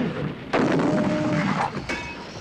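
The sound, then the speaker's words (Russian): An artillery cannon, aimed and loaded with shells by its crew on command, fires with a sudden loud boom that rumbles away, followed about a second and a half later by a second, sharper blast. “С каждым выстрелом хватается за голову.”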